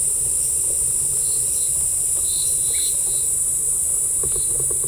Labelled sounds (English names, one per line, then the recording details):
none
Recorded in forest near Pivijay, Magdalena, Colombia, on 13 April 2023 at 09:00
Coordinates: 10.467, -74.380
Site Z5-G034